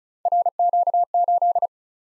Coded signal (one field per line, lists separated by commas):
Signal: Morse code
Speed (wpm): 42 wpm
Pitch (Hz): 700 Hz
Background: none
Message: RQ8